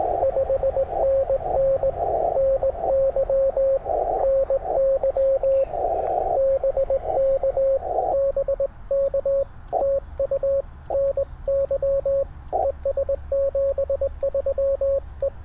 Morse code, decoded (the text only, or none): 5NN NY NY BK BK TU NY ES 73 E